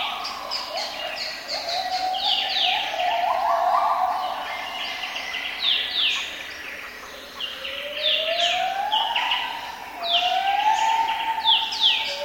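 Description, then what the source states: Gibbon calls: long rising whooping notes, one slow upward slide and a sustained high note, under a busy chorus of chirping and trilling birds. Recorded in forest.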